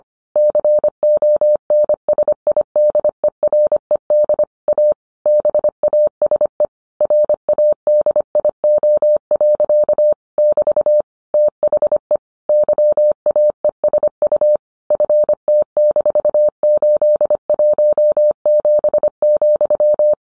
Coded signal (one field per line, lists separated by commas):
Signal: Morse code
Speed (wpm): 25 wpm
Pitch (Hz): 600 Hz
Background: none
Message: CONSIDERED A BASE RADIO. <BT> THE YAESU FT-817,